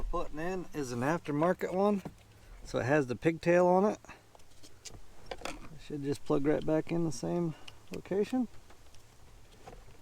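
The pigtail connector on an aftermarket replacement heater blower motor for a Chevy truck is handled to plug back into the vehicle's wiring harness while someone talks, with a few faint ticks and rustles in between. Nothing has seated or clicked yet.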